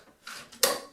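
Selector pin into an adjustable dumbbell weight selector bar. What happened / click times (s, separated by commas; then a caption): The metal pin clicked into place / 0.6 s. A metal selector pin with a magnet inside is pushed into the weight selector of a PowerBlock Elite 90 adjustable dumbbell, making a softer sliding sound around 0.3 s. A sharp, bright click follows at 0.6 s as the magnet grabs the metal bar, and the pin is seated in place.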